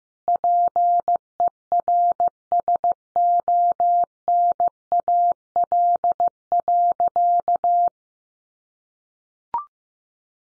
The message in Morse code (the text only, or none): PERSONAL.